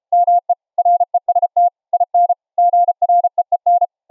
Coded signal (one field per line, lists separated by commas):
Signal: Morse code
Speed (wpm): 34 wpm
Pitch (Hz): 700 Hz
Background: none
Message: ME REST IN GREEN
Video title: 700hz ELF passive EMF CW RECEIVER - using a double tuned Ferrite Rod/Bobbin Core antenna